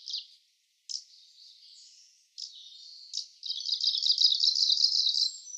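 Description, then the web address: Kamchatka leaf warbler song: scattered high chips and brief phrases lead into a sustained, fast, rhythmic trill of repeated buzzy notes. "komebosomusikui"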